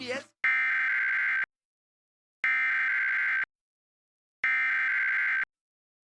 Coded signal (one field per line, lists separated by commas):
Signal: Emergency Alert System (SAME) tones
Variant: header bursts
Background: speech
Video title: PBS Kids Program Break with EAS (2025 WNET-DT2)